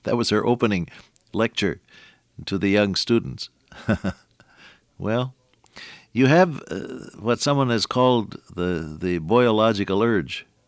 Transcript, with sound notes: That was her opening lecture to the young students. [chuckle] Well, you have what someone has called the biological urge